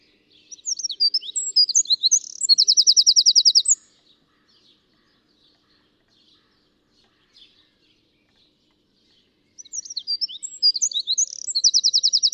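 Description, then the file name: Eurasian wren singing two high, energetic phrases several seconds apart, each a quick jumble of squeaky notes that ends in a very fast, even trill. "Troglodytes troglodytes"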